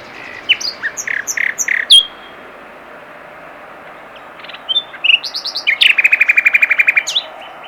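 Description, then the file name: Common nightingale song: a varied phrase of chirps and clicks, a pause, then a phrase ending in a loud, rapid, rattling trill. "Luscinia megarhynchos"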